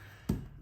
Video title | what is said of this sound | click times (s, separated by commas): Pitaka MagEZ 4 For iPhone 15 Pro Max - THEY DID IT AGAIN! | there's your click right there | 0.3 s